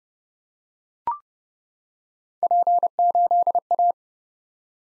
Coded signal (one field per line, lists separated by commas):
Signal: Morse code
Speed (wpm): 30 wpm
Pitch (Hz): 700 Hz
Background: none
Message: P8A